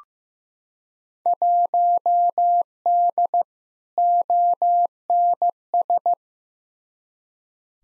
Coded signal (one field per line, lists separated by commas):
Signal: Morse code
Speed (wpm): 15 wpm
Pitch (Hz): 700 Hz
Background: none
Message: 1D ONS